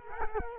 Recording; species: mosquito wingbeat signal from an infrared sensor; Culex quinquefasciatus